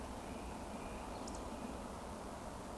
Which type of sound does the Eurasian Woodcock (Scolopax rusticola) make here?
whistle